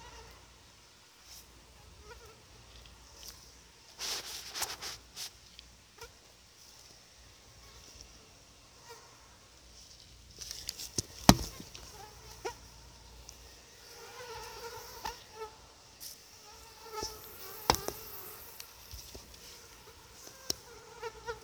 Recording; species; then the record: mosquito flight sound by mobile phone; Anopheles quadriannulatus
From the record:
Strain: SANQUA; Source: CDC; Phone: Sony Xperia